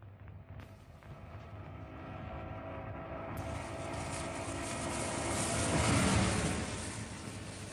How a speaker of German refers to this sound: Seit 10 Minuten ein Auto. Trabant 601 S. Und jetzt ein Moped.